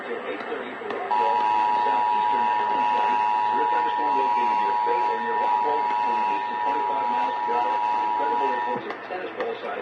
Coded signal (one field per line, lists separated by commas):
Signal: Emergency Alert System (SAME) tones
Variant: 853 and 960 Hz attention tone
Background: speech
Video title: SECOND SEVERE WEATHER DFW... EAS Alerts From 4/27/26 (EAS#5,441 - 5,458)